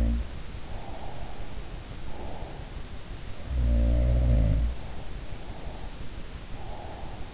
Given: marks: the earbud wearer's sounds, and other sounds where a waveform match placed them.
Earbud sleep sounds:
sounds in sleep by an in-ear microphone; breath
0.00-2.72 s: sound from someone else or the room
0.55-2.72 s: breath
3.10-5.01 s: sound from someone else or the room
5.26-7.30 s: breath

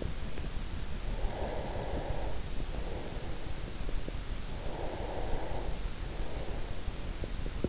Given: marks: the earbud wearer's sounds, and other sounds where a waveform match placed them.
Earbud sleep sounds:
sounds in sleep by an in-ear microphone; breath
0.97-3.72 s: breath
4.60-7.11 s: breath

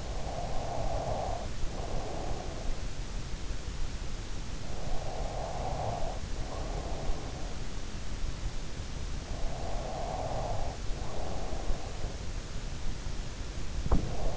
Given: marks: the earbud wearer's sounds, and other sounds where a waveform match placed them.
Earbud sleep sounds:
sounds in sleep by an in-ear microphone; breath, body movement
0.00-3.05 s: breath
4.43-7.22 s: breath
8.81-14.37 s: body movement

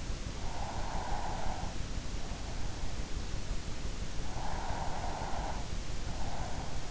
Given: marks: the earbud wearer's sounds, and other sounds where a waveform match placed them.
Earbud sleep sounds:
sounds in sleep by an in-ear microphone; breath
0.53-1.90 s: breath
4.36-6.65 s: breath

